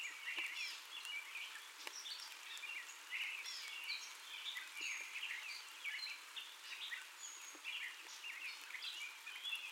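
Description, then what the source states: Gray catbird song in a continuous, varied stream of harsh chatters, squeaks and whistled notes, with a few faint clicks underneath. First song, recorded 30 May 2021.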